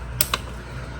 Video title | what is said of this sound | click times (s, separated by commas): How To Replace 2007-2011 Jeep Wrangler Radiator Fan | plug our connector in we've heard the magic click we're good | 0.2 s, 0.3 s